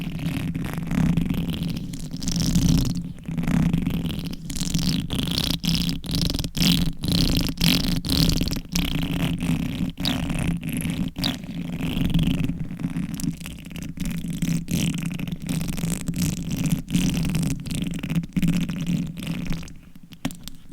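Reversed mic scratching: a steady low rumbling hum under rapid, uneven scraping bursts with frequent sharp dropouts, continuing unbroken through the clip.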